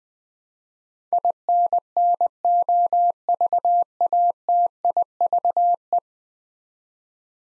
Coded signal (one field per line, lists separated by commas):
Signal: Morse code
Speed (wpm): 20 wpm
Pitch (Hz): 700 Hz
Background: none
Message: INNOVATIVE